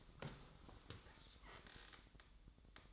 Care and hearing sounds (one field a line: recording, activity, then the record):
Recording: daily activity, microphone in the room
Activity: sit down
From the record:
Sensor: 3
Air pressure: 1005.0 hPa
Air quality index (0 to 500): 88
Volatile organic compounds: 3 ppm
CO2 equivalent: 1351 ppm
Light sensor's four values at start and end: 10/22/9/9 and 9/21/9/8